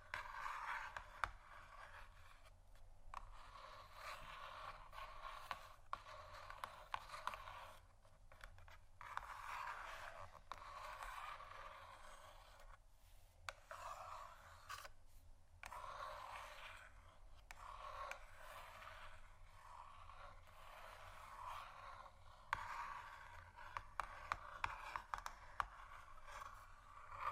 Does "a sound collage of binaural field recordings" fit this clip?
no